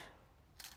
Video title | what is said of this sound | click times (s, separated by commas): Canon EOS M200 Unboxing in Telugu - Budget Video Camera under 40K in Telugu By PJ | కరెక్ట్గా set అయిపోయిన తర్వాత మనకి click sound వస్తుంది. | 0.6 s